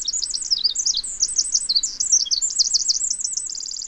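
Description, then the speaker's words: Pacific Wren song: a rapid, tumbling run of very high, tinkling trills and warbles, ending in a fast, even trill. Pacific wren singing in earnest by mid-February, even as far north as British Columbia. "Even as far north as British Columbia, Pacific wrens are singing in earnest by mid-February."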